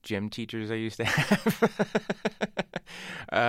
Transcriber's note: laughter